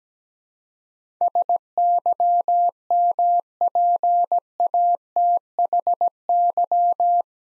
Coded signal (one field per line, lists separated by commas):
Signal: Morse code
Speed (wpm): 17 wpm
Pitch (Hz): 700 Hz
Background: none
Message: SYMPATHY